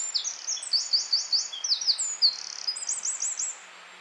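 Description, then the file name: Eurasian wren song: a rapid high-pitched stream of sharp notes and fast trills, with repeated bursts of quick rattling phrases, ending abruptly after about three and a half seconds. "Troglodytes troglodytes"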